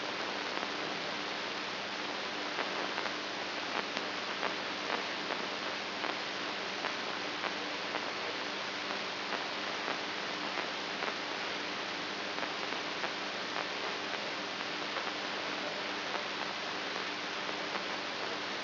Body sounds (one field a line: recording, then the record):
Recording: brain microelectrode recording played as sound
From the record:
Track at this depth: outside the subthalamic nucleus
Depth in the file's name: 5.71 mm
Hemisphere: right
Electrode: 2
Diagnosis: Parkinson's disease